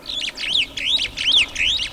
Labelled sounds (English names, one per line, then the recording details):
Superb Starling flight call
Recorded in Kenya